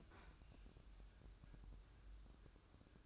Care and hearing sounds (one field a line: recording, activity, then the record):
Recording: daily activity, microphone in the room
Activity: open fridge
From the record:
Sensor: 2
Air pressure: 1007.6 hPa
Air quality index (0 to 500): 53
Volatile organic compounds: 1 ppm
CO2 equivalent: 576 ppm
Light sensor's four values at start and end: 10/23/10/10 and 10/23/10/10